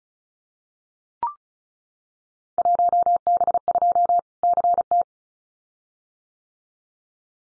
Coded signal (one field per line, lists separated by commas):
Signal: Morse code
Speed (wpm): 36 wpm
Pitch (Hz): 700 Hz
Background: none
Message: 1B2 CT